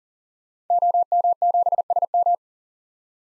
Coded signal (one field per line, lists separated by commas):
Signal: Morse code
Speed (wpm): 37 wpm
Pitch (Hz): 700 Hz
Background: none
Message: OM7SM